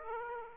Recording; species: mosquito wingbeat signal from an infrared sensor; Aedes aegypti